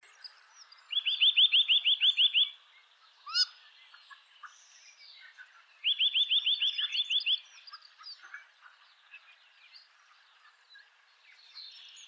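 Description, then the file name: Eurasian nuthatch trills twice, each a rapid run of ringing rising notes, while other birds chirp and twitter softly in the background. "Sitta europaea"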